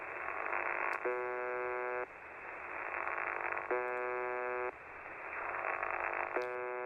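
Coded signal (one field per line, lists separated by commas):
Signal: channel marker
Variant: UVB-76 (The Buzzer)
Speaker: now we are listening to UVB-76, also known as The Buzzer.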